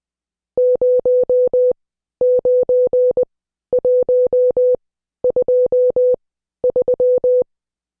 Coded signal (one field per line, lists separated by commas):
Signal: Morse code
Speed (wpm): 20 wpm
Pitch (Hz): 500 Hz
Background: none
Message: 09123